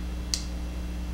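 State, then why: Seated. The blade of an Emerson Combat Karambit folding knife is closed into its handle and engages the detent with a single sharp click at 0.3 s over a steady low hum. The blade is seated, and the detent holds it closed with some pressure.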